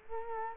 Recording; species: mosquito wingbeat signal from an infrared sensor; Culex quinquefasciatus